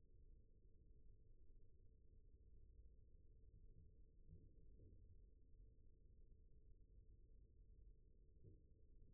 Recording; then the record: forearm muscle sounds (acoustic myography)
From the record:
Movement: rest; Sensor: system 1, eight BSWA MPA416 microphones around the upper forearm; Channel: 1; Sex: male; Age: 41 years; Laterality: right